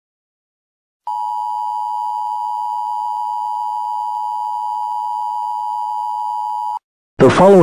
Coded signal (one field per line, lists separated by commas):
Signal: Emergency Alert System (SAME) tones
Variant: 853 and 960 Hz attention tone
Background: speech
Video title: EAS Scneario#8: Grave Digger Grim Part 2